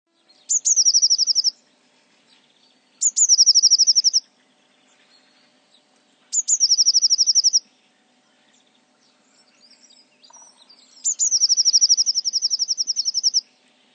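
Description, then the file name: Eurasian blue tit singing a thin high note followed by a fast, even trill, repeated four times with pauses of about one and a half to three and a half seconds, in quiet surroundings. "pimpelmees"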